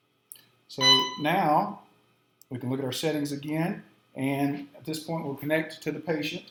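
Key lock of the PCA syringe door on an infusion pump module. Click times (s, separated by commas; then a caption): 0.3 s. A key is turned back to the lock position on the PCA syringe door of an Alaris PCA infusion pump module; the door had been closed with the tubing in its channel but does not lock by itself. A sharp click at 0.3 s shows the door is locked and secure. Someone then talks.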